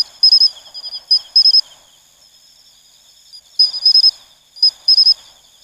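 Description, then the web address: Pine cricket (matsumushi): pine cricket giving bell-like chirps, a quick note then a pair, two phrase groups split by a long silence, with a faint steady insect whine throughout. "sikioto insect matsumushi"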